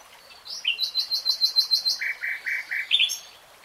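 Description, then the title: Nightingale song with a fast repeated series of high buzzy notes, then several lower, fuller notes and a final sharp phrase. Real-time recording. "[Tiếng chim hót] Nightingale Singing"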